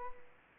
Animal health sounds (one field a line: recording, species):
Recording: mosquito wingbeat signal from an infrared sensor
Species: Aedes aegypti